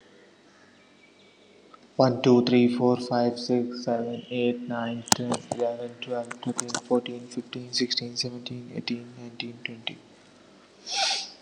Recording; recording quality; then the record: counting at a normal pace; moderate, slight background noise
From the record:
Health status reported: healthy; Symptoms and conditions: none ticked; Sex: male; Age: 27 years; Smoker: yes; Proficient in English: yes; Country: India